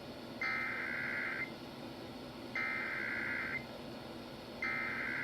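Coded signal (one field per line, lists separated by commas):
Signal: Emergency Alert System (SAME) tones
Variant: header bursts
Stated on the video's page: National Periodic EAS Test heard on radio, phone and TV.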